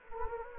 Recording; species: mosquito wingbeat signal from an infrared sensor; Anopheles gambiae